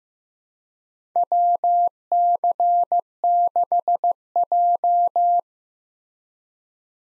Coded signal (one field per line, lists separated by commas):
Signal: Morse code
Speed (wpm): 15 wpm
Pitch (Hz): 700 Hz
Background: none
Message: WC6J